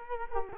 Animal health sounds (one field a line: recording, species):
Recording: mosquito wingbeat signal from an infrared sensor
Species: Culex quinquefasciatus